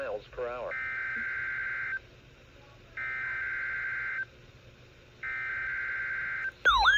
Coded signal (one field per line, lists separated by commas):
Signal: Emergency Alert System (SAME) tones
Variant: header bursts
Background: speech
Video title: KXI42 Required Weekly Test. 2/4/26 EAS #540